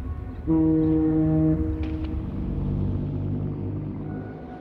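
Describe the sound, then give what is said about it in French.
A ship's foghorn at sea in fog lets out a long, deep, steady blast over a continuous low rumble of engine and sea crashing against the ship's sides, the horn's tone holding before fading into the ongoing drone. “Le bateau poursuit sa course, défiant la mer qui s'abat sous ses flancs.”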